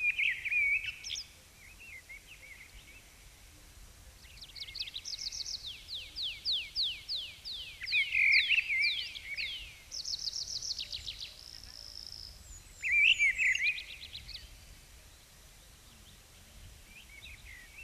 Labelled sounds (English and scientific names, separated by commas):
Mistle Thrush (Turdus viscivorus) song